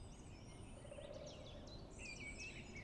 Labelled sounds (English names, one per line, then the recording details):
Great Spotted Woodpecker
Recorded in Germany
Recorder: ecoPi